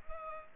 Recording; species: mosquito wingbeat signal from an infrared sensor; Culex pipiens